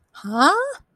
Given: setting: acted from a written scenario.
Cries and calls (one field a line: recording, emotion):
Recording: vocal sound without words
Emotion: confusion